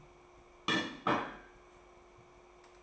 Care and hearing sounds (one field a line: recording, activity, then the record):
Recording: daily activity, microphone in the room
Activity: place plate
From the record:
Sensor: 1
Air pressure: 1004.4 hPa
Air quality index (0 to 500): 197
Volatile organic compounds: 18 ppm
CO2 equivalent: 2611 ppm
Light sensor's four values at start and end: 4/9/3/3 and 4/9/3/3